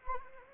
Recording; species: mosquito wingbeat signal from an infrared sensor; Anopheles arabiensis